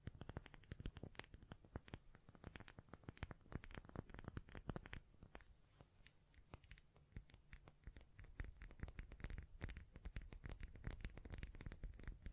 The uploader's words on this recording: ASMR Blue Yeti Mic Test Tapping, Scratching, Mic Brushing, Hand Sounds etc (No Talking).